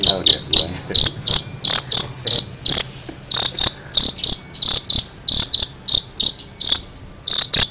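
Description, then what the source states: Long-tailed shrike delivering high, piercing chirps in an irregular rhythm, some paired, with brief thin whistles mixed in. Recording labelled cililinan.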